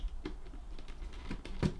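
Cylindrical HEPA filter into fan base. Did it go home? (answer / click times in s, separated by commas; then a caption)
no / none. A replacement cylindrical HEPA filter (purple outer filter) is handled on the base of a Dyson Pure Hot+Cool HP04 fan, lined up and pushed down. Light plastic taps and scrapes repeat through the clip, with a sharper knock around 1.6 s. Nothing has seated or clicked into place yet.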